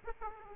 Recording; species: mosquito wingbeat signal from an infrared sensor; Aedes aegypti